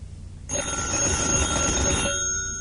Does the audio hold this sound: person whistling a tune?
no